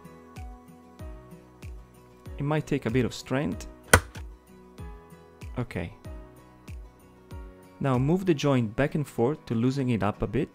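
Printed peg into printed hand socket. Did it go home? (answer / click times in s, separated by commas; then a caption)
yes / 3.9 s. A 3D-printed plastic ball joint peg is set on a flat, hard surface, and a printed hand socket is lined up and pressed down onto it from the top with some strength. A single sharp snap at 3.9 s marks the peg clicking into the socket, seated. Someone talks over soft, regular beats of background music.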